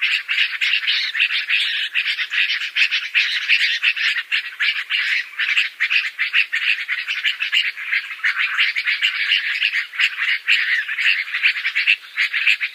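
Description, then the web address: Yellow-vented bulbul chattering calls, a dense, continuous stream of harsh bubbly notes running through the whole stretch without pause. "Schulze Peter Yellow-vented Bulbul calls"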